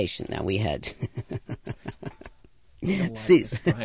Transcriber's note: she laughs